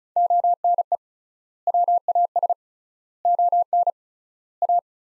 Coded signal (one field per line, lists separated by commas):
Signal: Morse code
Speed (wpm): 34 wpm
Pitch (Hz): 700 Hz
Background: none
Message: ONE WAS ON A